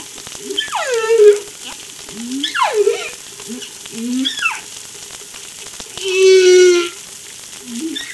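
Whale calls: several sweeping downward and upward moans with rich harmonics and a steady harmonic tone, separated by short gaps.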